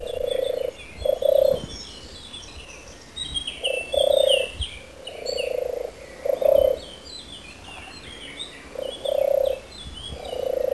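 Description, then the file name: European turtle dove giving low, rolling purrs in spaced bursts, some doubled, with two quiet pauses between groups and thin chirping from other birds behind. "rola brava"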